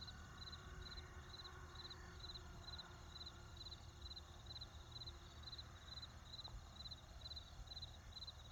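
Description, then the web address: Crickets chirping: high, thin pulsed chirps repeated about twice a second in a steady rhythm, over a low continuous rumble of road traffic. Crickets with a road and forest in the background. "Debarup Travel Films 26-Crickets with Road and Forest"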